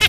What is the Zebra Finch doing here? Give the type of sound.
hat call